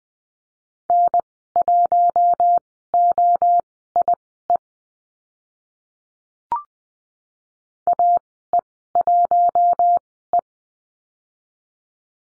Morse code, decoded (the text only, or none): N1OIE AE1E